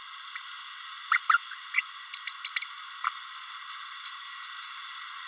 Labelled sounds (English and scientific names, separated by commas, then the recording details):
Green-rumped Parrotlet (Forpus passerinus) babbling
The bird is a male
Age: 31 days
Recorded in a nest box in Venezuela
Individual 17B32A6